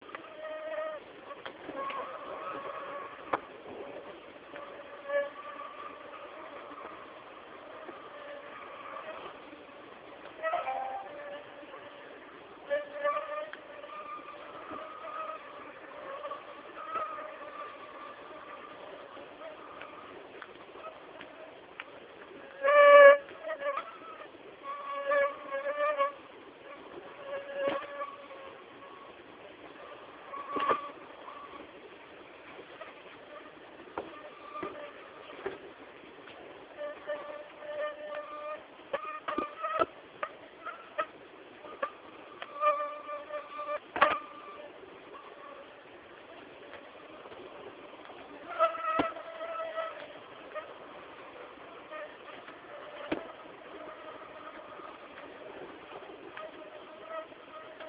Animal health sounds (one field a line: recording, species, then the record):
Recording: mosquito flight sound by mobile phone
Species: Aedes albopictus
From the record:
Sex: female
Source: CDC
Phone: Samsung T209